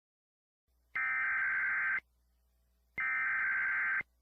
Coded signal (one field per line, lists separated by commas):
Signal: Emergency Alert System (SAME) tones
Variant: header bursts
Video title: Debunking Every American States EAS Alarms (Pt. 2)